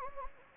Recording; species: mosquito wingbeat signal from an infrared sensor; Anopheles gambiae